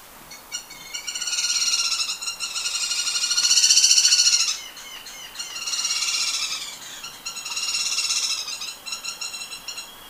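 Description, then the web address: Grass-green tanager calls in several loud bursts of rapid, buzzy chattering notes, each lasting one to two seconds, with short pauses between bursts. Ecuador. "Natures Songs S America Birds of Ecuador Grass-green Tanager"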